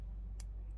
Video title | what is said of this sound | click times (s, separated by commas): Hot toys Remnant trooper from The Mandalorian | In a case, it just does just click into place, stays in place beautifully. | 0.4 s